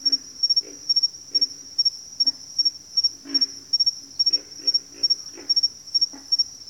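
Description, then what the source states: Pig frog grunts, low and guttural, given in quick bursts, over a shrill insect chorus. Bayou habitat, several pig frogs.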